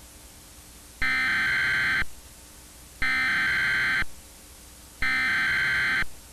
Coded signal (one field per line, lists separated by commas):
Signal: Emergency Alert System (SAME) tones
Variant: header bursts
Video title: EAS Mock: Evacuation